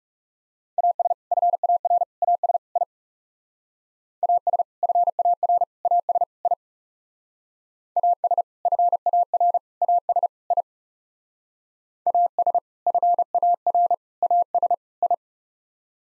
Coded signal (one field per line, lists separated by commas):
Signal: Morse code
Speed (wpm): 36 wpm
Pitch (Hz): 700 Hz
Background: none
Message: AS FAR AS I AS FAR AS I AS FAR AS I AS FAR AS I